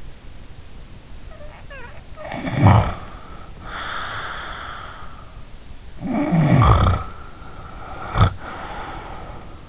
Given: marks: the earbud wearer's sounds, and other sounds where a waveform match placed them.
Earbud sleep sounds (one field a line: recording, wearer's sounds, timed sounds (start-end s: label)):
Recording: sounds in sleep by an in-ear microphone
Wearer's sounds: snoring breath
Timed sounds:
1.20-5.24 s: snoring breath
5.85-9.69 s: snoring breath